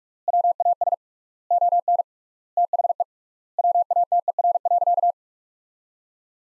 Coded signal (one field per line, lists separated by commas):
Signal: Morse code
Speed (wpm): 45 wpm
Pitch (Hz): 700 Hz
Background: none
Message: WAS ON THE WATER.